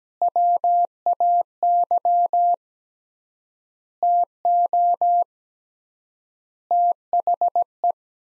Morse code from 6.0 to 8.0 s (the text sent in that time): THE